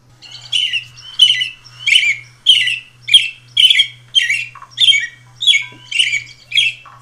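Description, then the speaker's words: American robin singing clear, warbled caroling phrases, each short and slightly varied, repeated about every two-thirds of a second, over a faint low hum. Played back by the host; song described as very cheery and upbeat. "Now, I am going to pull up the American robin song."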